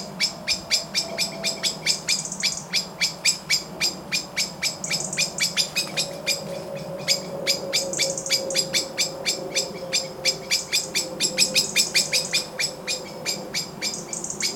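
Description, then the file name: Common blackbird in persistent chinking, rapid sharp clicks for the whole stretch, with recurring bursts of high thin squeaking every few seconds. "Turdus merula"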